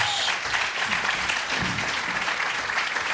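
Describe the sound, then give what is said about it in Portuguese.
A steady wash of applause from an audience at an awards ceremony, dense overlapping claps sustained at an even, fairly loud level for the whole stretch, with no voices rising above it. “Uma salva de palmas para a Princesa Catari.”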